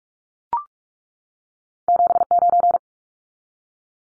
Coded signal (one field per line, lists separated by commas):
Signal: Morse code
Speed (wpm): 44 wpm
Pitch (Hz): 700 Hz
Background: none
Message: 79